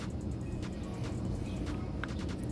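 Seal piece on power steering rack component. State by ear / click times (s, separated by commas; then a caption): seated / 2.0 s. During a Subaru power steering rack rebuild, a new, already greased seal piece is pressed onto a rack component over a steady low background hum. A sharp click at 2.0 s shows the seal snapping into place and seating, followed by a fainter tick near 2.4 s.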